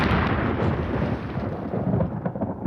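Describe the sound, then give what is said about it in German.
A deep, continuous rumble of thunder from a thunderstorm at sea rolls through the whole stretch, loud and low, with a broad roaring texture and faint patter on top, no voices. “Ich werde gehen und mir das Gewitter anschauen”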